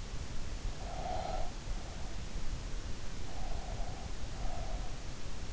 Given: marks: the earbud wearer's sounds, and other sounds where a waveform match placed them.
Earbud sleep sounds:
sounds in sleep by an in-ear microphone; breath
0.45-1.87 s: breath
3.09-4.97 s: breath

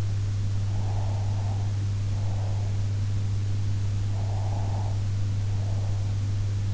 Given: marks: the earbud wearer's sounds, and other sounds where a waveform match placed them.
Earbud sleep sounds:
sounds in sleep by an in-ear microphone; breath
0.65-3.13 s: breath
4.11-6.39 s: breath

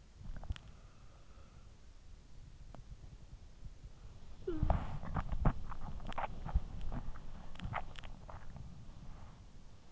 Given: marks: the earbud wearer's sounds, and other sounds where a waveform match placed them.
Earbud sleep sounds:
sounds in sleep by an in-ear microphone; breath, body movement
0.00-2.08 s: breath
3.73-9.56 s: body movement

